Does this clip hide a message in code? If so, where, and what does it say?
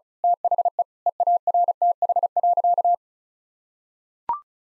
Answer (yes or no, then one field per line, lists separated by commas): yes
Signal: Morse code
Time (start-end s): 0.2-2.9 s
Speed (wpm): 36 wpm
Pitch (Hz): 700 Hz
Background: none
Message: THE EARTH.